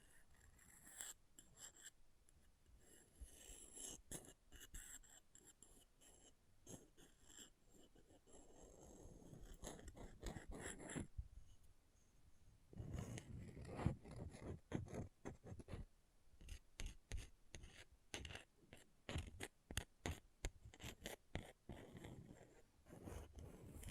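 An object scratching, heard as a long run of quick, uneven scrapes and taps that spread from low to bright sounds. The strokes are sparse and softer in the first half, then grow denser and louder after about twelve seconds, continuing irregularly to the end.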